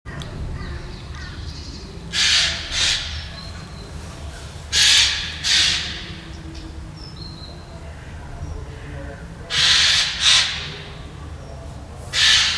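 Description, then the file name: Eurasian jay giving harsh, rasping screeches in bursts, some doubled, repeated several times with pauses between, over low rumbling background noise. "Garrulus glandarius"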